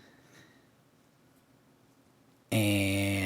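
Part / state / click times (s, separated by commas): claw accessory into action figure armor slot / not seated / none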